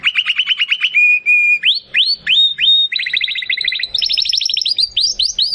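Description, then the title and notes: Domestic canary singing fast, bright trills and rising whistled slurs, changing phrase every second or so. Belgian canary of the Campainha type, singing. "Canário Belga Campainha Canary Singing. Canario Belga Cantando"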